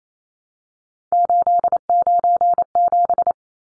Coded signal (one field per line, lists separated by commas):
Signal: Morse code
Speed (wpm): 28 wpm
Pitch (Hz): 700 Hz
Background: none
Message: 897